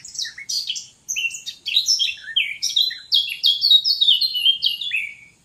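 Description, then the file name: Eurasian blackcap singing a lively, continuous warble, short bright phrases tumbling quickly together with clear fluty notes toward the finish. "Sylvia atricapilla"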